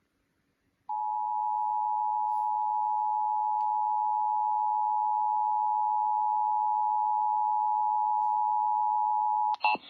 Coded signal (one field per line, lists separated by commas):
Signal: Emergency Alert System (SAME) tones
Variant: 853 and 960 Hz attention tone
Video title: [EAS #2677-#2685] Los Angeles County Required Monthly Tests (8/29/23)